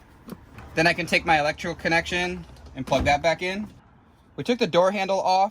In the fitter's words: And then press it down until you hear it click.